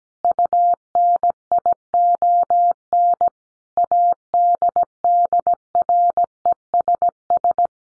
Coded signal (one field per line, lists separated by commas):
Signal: Morse code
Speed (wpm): 17 wpm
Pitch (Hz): 700 Hz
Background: none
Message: UNION ADDRESS